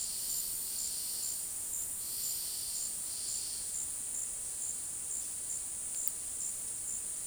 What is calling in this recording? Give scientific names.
none